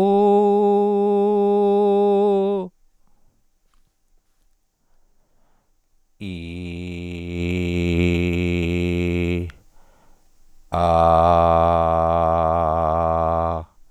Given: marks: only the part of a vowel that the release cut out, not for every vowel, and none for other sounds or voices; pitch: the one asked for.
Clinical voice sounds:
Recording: sustained vowels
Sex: male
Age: 40 to 49 years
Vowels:
0.30-2.25 s: vowel /u/, high pitch
7.54-9.09 s: vowel /i/, low pitch
11.40-13.37 s: vowel /a/, low pitch
From the record:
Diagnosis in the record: oropharyngeal tumor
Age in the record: 43 years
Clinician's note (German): Zustand nach Mesopharynx-OP + Radiatio; Ödem Aryhöcker

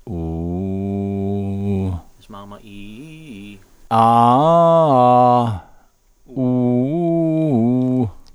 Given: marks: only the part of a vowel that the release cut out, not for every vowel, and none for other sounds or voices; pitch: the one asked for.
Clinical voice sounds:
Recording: sustained vowels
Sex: male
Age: 60 to 69 years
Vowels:
0.59-1.76 s: vowel /u/, low pitch
4.11-5.36 s: vowel /a/, low-high-low pitch
6.55-7.87 s: vowel /u/, low-high-low pitch
From the record:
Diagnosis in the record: orofacial dyspraxia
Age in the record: 69 years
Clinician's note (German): KK ohne Befund, diskrete Bewegungsstörung

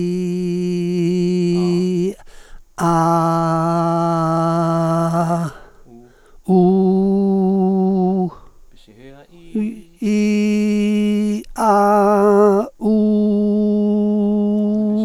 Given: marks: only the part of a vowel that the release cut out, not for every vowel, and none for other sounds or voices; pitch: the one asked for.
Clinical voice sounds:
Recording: sustained vowels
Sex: male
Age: 70 to 79 years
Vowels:
0.00-1.50 s: vowel /i/, normal pitch
3.24-5.01 s: vowel /a/, normal pitch
6.73-7.97 s: vowel /u/, normal pitch
10.12-11.13 s: vowel /i/, high pitch
11.81-12.56 s: vowel /a/, high pitch
13.16-14.62 s: vowel /u/, high pitch
From the record:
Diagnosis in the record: hypofunctional dysphonia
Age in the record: 71 years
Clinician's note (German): Hypofunktionelle Dysphonie

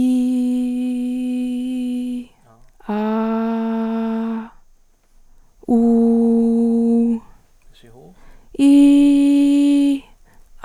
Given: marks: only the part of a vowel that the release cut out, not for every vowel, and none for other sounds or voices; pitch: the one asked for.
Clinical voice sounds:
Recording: sustained vowels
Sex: female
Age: 20 to 29 years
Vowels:
0.00-1.38 s: vowel /i/, normal pitch
2.97-4.35 s: vowel /a/, normal pitch
5.78-6.98 s: vowel /u/, normal pitch
8.67-9.89 s: vowel /i/, high pitch
From the record:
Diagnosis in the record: healthy voice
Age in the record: 21 years

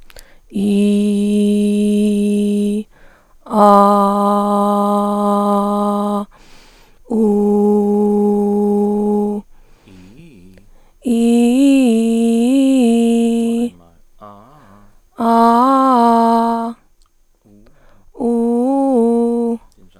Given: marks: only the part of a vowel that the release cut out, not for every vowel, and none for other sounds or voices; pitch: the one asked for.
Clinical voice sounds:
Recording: sustained vowels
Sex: female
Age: 20 to 29 years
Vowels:
0.68-2.04 s: vowel /i/, low pitch
3.92-5.91 s: vowel /a/, low pitch
7.28-9.22 s: vowel /u/, low pitch
11.19-12.44 s: vowel /i/, low-high-low pitch
15.54-16.46 s: vowel /a/, low-high-low pitch
18.35-19.46 s: vowel /u/, low-high-low pitch
From the record:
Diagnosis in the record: dysphonia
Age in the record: 27 years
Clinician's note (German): Z. B. hormonelle Dysphonie mit hyperfunktioneller Einschwingung

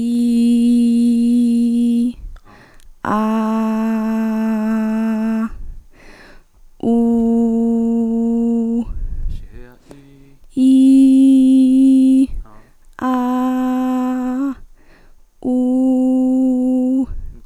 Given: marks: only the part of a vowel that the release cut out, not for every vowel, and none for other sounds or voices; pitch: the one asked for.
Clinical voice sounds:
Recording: sustained vowels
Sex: female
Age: 18 to 19 years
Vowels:
0.00-2.00 s: vowel /i/, normal pitch
3.46-5.40 s: vowel /a/, normal pitch
6.92-8.73 s: vowel /u/, normal pitch
10.63-12.18 s: vowel /i/, high pitch
13.14-14.38 s: vowel /a/, high pitch
15.51-16.96 s: vowel /u/, high pitch
From the record:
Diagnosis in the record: healthy voice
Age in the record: 18 years

